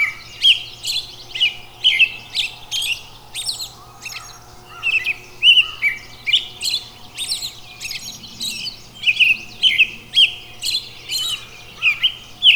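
Robin delivering a long run of rapid high chirps and whistled notes in quick succession, against a faint constant low hum.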